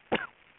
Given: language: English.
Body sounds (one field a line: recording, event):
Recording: throat vibration sensor signal played as sound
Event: cough